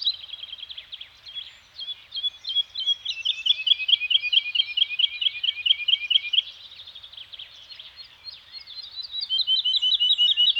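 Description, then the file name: Bird song in long rapid trills of repeated notes, growing louder near the end. Scandinavian forest soundscape with birds singing. "Nature Soundscape - Scandinavian Forest Environment with Birds Singing"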